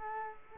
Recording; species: mosquito wingbeat signal from an infrared sensor; Culex quinquefasciatus